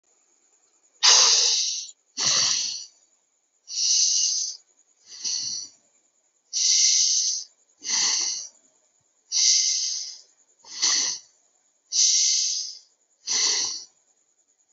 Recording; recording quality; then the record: deep breathing; excellent, no background noise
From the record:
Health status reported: healthy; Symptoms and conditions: none ticked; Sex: male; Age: 21 years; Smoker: not ticked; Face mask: not worn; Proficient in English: yes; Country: India